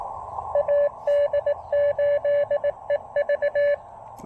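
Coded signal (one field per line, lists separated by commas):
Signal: Morse code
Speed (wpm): 20 wpm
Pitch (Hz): 590 Hz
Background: radio noise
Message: AD8EV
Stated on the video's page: Park activation with QRP using the tiny Elecraft AX1 antenna.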